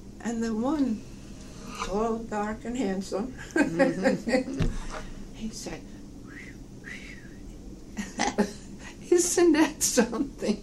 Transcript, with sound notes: And the one—tall, dark, and handsome (both laugh) —he said,. (whistles) Isn't that something?